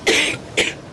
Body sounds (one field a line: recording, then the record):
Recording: coughing mixed with background sound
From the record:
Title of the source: 61 morning phlegmy cough...again